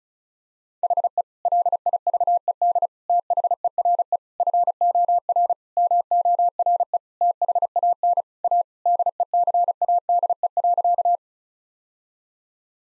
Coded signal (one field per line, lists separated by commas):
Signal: Morse code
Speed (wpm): 36 wpm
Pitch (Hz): 700 Hz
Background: none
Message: HE LIVED THERE FOR MORE THAN A DECADE.